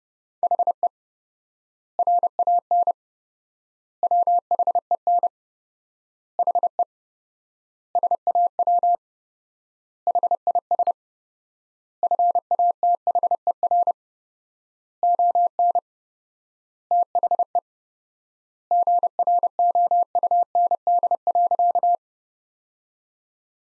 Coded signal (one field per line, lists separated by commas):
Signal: Morse code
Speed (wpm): 30 wpm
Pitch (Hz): 700 Hz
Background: none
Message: HE RAN WHEN HE SAW HIS FATHER ON THE GROUND.